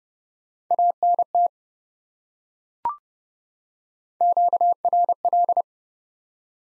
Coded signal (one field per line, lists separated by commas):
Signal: Morse code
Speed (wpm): 30 wpm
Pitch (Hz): 700 Hz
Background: none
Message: ANT QRL